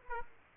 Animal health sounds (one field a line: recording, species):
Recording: mosquito wingbeat signal from an infrared sensor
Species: Aedes aegypti